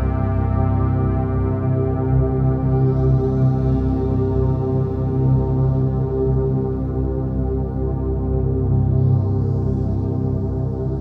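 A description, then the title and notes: Binaural beats form a steady, dense low drone of stacked tones, unchanging throughout, with faint higher shimmers near three and nine seconds. Binaural Beats for headache relief.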